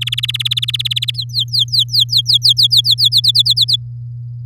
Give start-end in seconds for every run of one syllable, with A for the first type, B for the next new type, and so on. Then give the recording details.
0.01-1.11 A, 1.14-2.81 B, 2.84-3.76 C. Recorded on 9 May 2018 at 06:29. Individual llb16